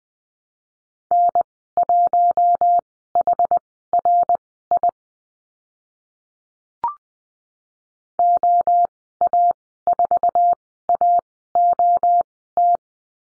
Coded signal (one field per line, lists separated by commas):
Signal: Morse code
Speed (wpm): 20 wpm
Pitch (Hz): 700 Hz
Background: none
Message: N1HRI OA4AOT